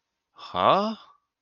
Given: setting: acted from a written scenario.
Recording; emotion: vocal sound without words; confusion